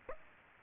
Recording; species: mosquito wingbeat signal from an infrared sensor; Aedes aegypti